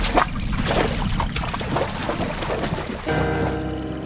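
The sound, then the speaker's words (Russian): Signal soldiers row a raft across a river with oars while paying out telephone wire from a reel, giving repeated splashing strokes over a constant sloshing wash. Near the end a steady, layered tone enters beneath the water noise. “Тихо продвигаясь по воде, связисты осторожно стравливали с катушки провод.”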